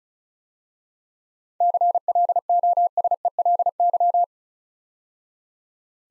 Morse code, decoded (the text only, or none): CLOSELY